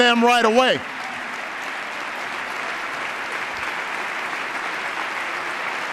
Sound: applause

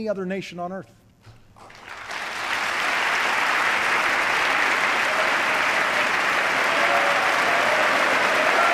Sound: applause

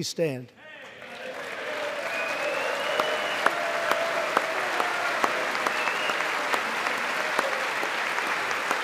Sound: applause

